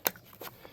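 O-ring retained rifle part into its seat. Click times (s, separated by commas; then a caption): 0.1 s. An O-ring-retained part of a Savage A22 Takedown 22 LR FDE rifle is fitted into its seat, and the O-ring engages so the part no longer rattles. A sharp, bright snap at 0.1 s marks the part seating, followed by a brief hiss-like burst around 0.4 to 0.5 s and two faint ticks near 0.3 and 0.7 s. The part is confirmed seated.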